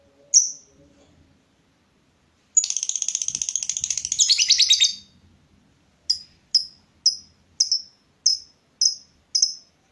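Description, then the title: Lovebird: one sharp chirp, then a buzzy rattling trill lasting over two seconds, followed by a steady run of evenly spaced shrill chirps. The lovebird's singing style is said to make it look very clever at baiting, prompting other birds to sing. "Dari Gayanya Lovebird Ini Terlihat Pintar Sekali Memancing"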